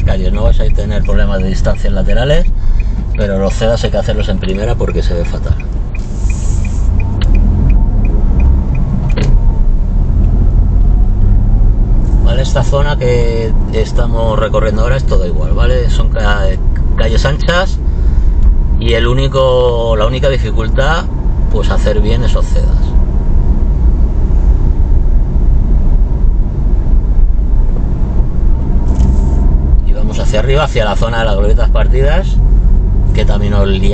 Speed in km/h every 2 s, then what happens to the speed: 13, 6, 3, 11, 18, 26, 31, 32, 34, 31, 31, 31, 30, 30, 34, 36, 39.
0-4 slows to 3. 4-12 speeds up to 31. 12-25 steady at about 31. 25-34 speeds up to 39.